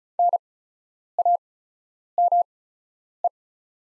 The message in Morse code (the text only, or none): NAME